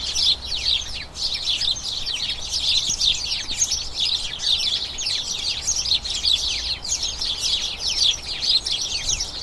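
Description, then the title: House sparrow chatter, a steady busy mass of quick overlapping chirps from many birds, carrying on evenly throughout. A colony of about a dozen house sparrows chattering incessantly in a small front garden as crocuses bloom, excitement signalling the colony turning toward the breeding season. "Sound Escape. the soothing conversations of a flock of house sparrows"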